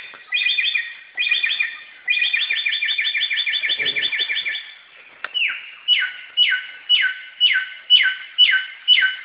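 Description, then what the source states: Samyong song: clustered rapid chirps in a fast run, then a steady series of sharply falling notes, roughly two each second. Recorded in forest.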